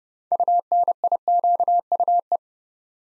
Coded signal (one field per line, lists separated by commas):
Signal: Morse code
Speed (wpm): 28 wpm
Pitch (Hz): 700 Hz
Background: none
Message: UNIQUE